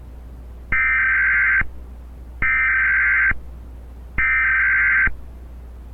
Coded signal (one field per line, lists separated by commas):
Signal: Emergency Alert System (SAME) tones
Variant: header bursts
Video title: Georgia tornado (EAS MOCK) VHS